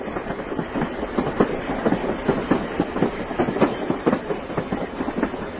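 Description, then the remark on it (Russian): Train wheels clatter over rail joints in a steady stream of rhythmic clacks, riding on a constant rumbling roar of the moving carriage. No voices are heard. “Я оказалась в этом злополучном поезде, доверилась, рассказала вам всю свою историю, надеялась, что вы избавите меня от гнетущих сомнений.”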